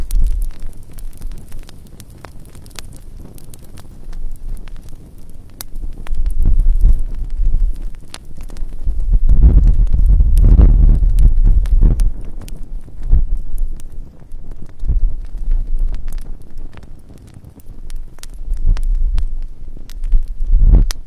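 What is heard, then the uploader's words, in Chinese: A calm campfire at night crackles with scattered sharp pops and snaps over a low, steady rumble. The fire swells into a denser, louder burst of crackling around the middle, then eases back, with another flare near the end. 晚上平静的篝火声。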